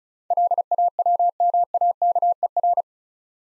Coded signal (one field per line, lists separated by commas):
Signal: Morse code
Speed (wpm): 34 wpm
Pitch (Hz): 700 Hz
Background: none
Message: LAWMAKER